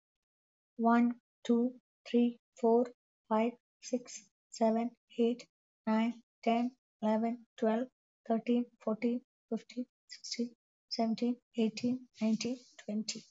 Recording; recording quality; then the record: counting at a normal pace; excellent, no background noise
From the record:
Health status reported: healthy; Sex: female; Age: 54 years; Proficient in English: yes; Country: India